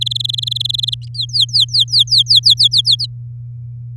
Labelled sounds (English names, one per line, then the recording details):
Domestic Canary song
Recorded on 8 May 2018 at 10:33
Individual llb16